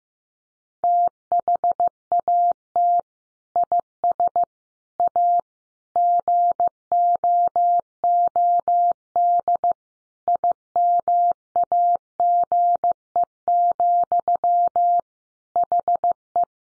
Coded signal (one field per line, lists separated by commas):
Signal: Morse code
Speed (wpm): 15 wpm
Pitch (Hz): 700 Hz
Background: none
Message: THAT IS A GOOD IMAGE, HE